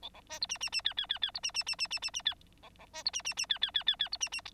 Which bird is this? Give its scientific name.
Lonchura striata domestica